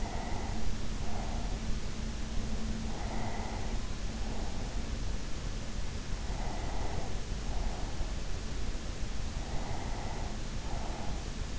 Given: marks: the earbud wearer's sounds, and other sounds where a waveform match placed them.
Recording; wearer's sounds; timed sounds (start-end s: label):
sounds in sleep by an in-ear microphone; breath
0.00-1.74 s: breath
2.74-4.97 s: breath
6.25-8.45 s: breath
9.34-11.59 s: breath